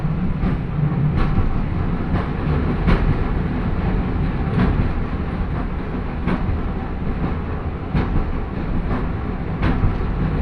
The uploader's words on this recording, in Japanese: 万葉線 高岡駅→越ノ潟。電車は吊りかけモーターなので中々の唸りをあげています。